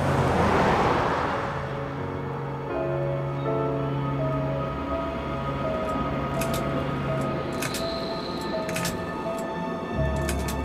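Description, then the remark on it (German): A rented car drives steadily along a road in Switzerland, from Montreux via Fribourg toward Bern, its engine droning in a low, even hum over constant road noise, with a few faint clicks and taps toward the end. “Wir mieten uns einen Wagen. Von Montreux aus geht es weiter über Fribourg nach Bern.”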